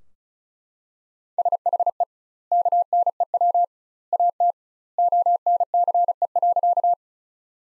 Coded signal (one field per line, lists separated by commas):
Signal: Morse code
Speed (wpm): 34 wpm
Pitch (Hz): 700 Hz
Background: none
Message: SHE KNEW AT ONCE.